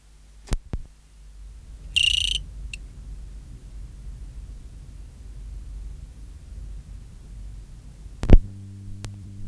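Cricket (Eugrylloides pipiens): cricket song: a lone high trilled chirp of rapid pulses lasting under half a second, with a faint echoing tick; several loud thumps and knocks of handling noise around it.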